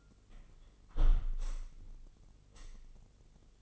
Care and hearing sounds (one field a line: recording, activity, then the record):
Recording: daily activity, microphone in the room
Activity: close window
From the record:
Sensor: 4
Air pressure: 996.5 hPa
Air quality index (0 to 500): 79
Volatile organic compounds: 3 ppm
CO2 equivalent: 1488 ppm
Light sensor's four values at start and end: 20/55/21/23 and 20/53/20/22